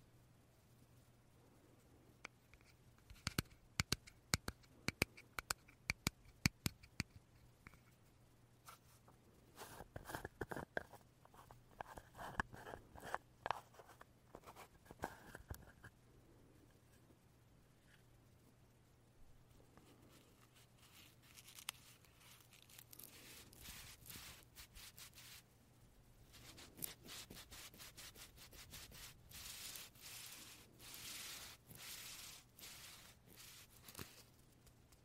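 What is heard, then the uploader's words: Puff sounds with no talking, over a steady low hum that runs throughout. The first half brings scattered sharp clicks and taps at irregular intervals; from about 26 seconds, bright, airy bursts come thick and fast until the end. 말없이 퍼프 소리만, 가득 담아봤어요 puff sound no talking asmr.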